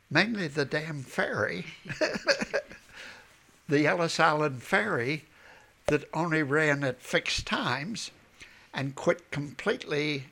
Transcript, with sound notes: mainly the damn ferry. ( he laughs ) The Ellis Island Ferry that only ran at fixed times and quit completely